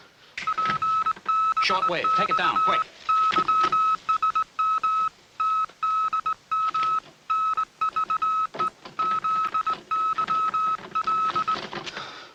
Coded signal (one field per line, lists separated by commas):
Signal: Morse code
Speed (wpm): 20 wpm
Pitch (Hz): 1290 Hz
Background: speech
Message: PBX YSM TDM NVE ZYL